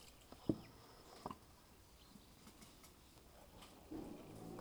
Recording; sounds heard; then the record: poultry house recording; healthy chickens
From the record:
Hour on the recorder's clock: 16